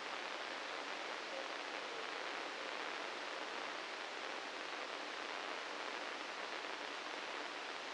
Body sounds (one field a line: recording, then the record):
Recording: brain microelectrode recording played as sound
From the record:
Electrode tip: inside the subthalamic nucleus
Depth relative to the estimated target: -1 mm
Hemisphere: right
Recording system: NeuroSet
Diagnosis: Parkinson's disease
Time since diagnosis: 9 years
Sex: male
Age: 61 years